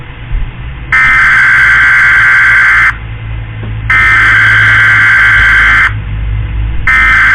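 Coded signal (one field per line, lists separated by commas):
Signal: Emergency Alert System (SAME) tones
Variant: header bursts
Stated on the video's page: Mock flash flood warning, not real.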